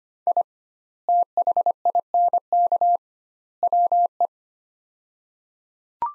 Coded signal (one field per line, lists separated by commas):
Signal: Morse code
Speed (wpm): 25 wpm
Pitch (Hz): 700 Hz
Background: none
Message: I THINK WE